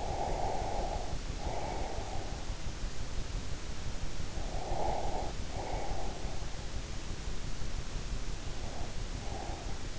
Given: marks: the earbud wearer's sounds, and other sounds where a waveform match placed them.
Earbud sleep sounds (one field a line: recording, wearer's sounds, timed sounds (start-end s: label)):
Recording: sounds in sleep by an in-ear microphone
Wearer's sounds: breath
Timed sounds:
0.00-2.53 s: breath
4.30-6.45 s: breath
8.44-9.94 s: breath